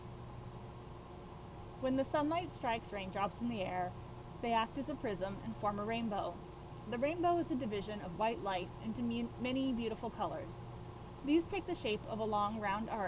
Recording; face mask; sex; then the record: reading aloud; surgical mask; female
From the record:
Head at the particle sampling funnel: not facing it